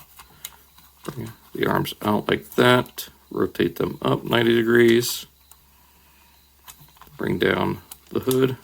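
Someone talks while handling a plastic Transformers toy car mid-transformation, with faint plastic taps and clicks at about 0.5, 5.5 and 7.0 seconds. The plastic hood panel is being brought down toward the toy's body, but it has not clicked into place yet when the clip ends.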